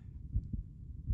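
A regular heartbeat heard through a stethoscope on an adult chest.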